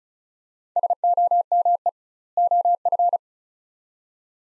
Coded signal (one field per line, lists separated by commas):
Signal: Morse code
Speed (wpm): 34 wpm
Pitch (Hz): 700 Hz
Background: none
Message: SOME OF